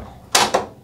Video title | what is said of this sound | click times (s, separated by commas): How To Protect Yourself ANYWHERE With This Portable Door Lock Device! #shorts | till you hear it click like that make sure you don't insert it here where the door frame is you have to place it right up against the door | 0.3 s